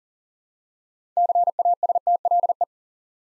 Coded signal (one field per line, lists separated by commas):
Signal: Morse code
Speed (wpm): 39 wpm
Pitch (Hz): 700 Hz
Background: none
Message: CASTLE